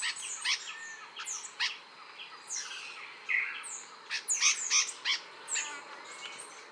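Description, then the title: Bird song in bursts of high chirps and slurred whistles, with short gaps between phrases and a loud cluster of sharp notes in the second half. "LuckyPassaro Completos2Sama"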